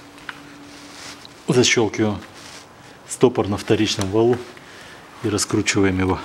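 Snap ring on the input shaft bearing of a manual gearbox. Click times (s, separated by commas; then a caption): 0.3 s. A steel retaining snap ring is snapped into its groove to lock a bearing on the steel input shaft of a 2008 Chevrolet Lanos manual gearbox, part of a bearing replacement done because of a knock in the gearbox. A sharp metallic click at 0.3 s marks the ring seating, followed by someone talking.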